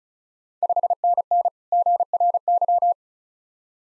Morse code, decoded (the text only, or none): 5NN GRY